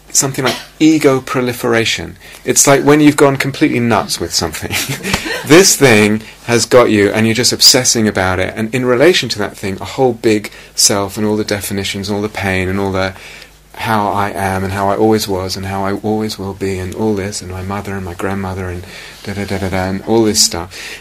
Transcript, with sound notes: something like 'ego-proliferation.' It's like when you've gone completely nuts with something. [laughter] This thing has got you, and you're just obsessing about it. And in relation to that thing, a whole big self, and all the definitions, all the pain and all the "how I am, and how I always was, and how I always will be, and my mother and my grandmother and da-da-da-da-da" and all this stuff.